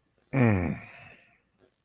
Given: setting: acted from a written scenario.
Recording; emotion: vocal sound without words; sympathy